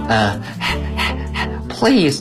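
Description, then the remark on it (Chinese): A dog that is hot pants in quick, rhythmic breathy huffs, about three per second, with a brief whiny voiced sound near the end. “小狗很热，可是小绵羊们却不是这样。”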